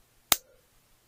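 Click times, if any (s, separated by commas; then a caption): 0.3 s. A steel circlip, fitted with circlip pliers during a frame and fork rebuild of a BSA Bantam B175 motorcycle, snaps into its groove on a motorcycle part with a single sharp metallic click at 0.3 s. A faint ring dies away by about 0.6 s over otherwise quiet background. The circlip is seated.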